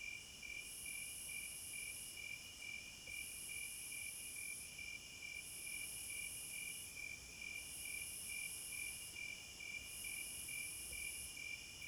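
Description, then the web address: Crickets chirping in a steady high pulsed trill, with a higher shimmering band swelling on and off every couple of seconds. Forest at night. "Nature Sounds In HD Sounds of Nature Hypnotizing Forest- Wolves, Crickets, Owls and Singing Birds Midnight Concert"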